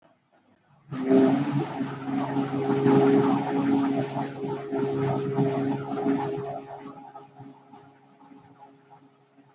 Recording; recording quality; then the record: sustained vowel as in boot; moderate, slight background noise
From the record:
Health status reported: healthy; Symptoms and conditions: none ticked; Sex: male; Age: 19 years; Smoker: not ticked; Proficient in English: yes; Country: India